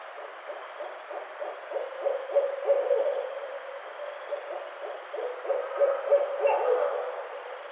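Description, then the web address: Barred owl hooting, a steady run of low, throaty, gurgling hoots. 23 April 2009. "Barred Owl 2009 04 23 Barred Owl 01"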